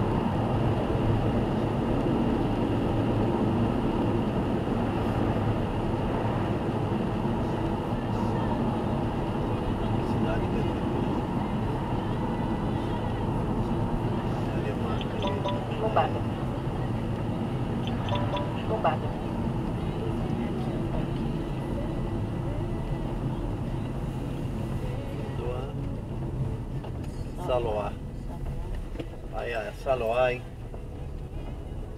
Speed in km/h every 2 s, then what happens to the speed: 85, 81, 79, 77, 71, 67, 64, 60, 59, 55, 47, 40, 35, 18, 18, 27.
0-26 slows to 18. 28-32 speeds up to 27.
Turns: none.